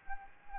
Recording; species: mosquito wingbeat signal from an infrared sensor; Anopheles gambiae